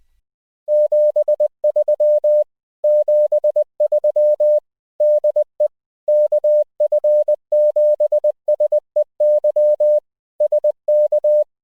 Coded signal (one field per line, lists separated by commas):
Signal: Morse code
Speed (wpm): 20 wpm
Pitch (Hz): 600 Hz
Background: none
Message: 73 73 DE KF7SEY SK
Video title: Sound card Hat for Raspberry Pi for Digi Modes (FT8, JS8CALL, etc.)